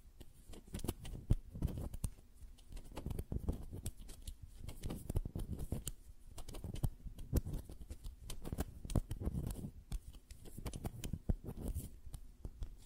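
Quick, irregular taps and finger flutters with soft hand rustling, arriving in dense bursts that thin out briefly around six and ten seconds.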